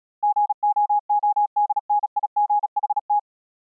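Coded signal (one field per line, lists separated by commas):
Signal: Morse code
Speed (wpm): 36 wpm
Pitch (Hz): 830 Hz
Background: none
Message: GOODNIGHT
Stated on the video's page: Song written in Morse as a tribute to the Titanic disaster; a recreation, not a real transmission.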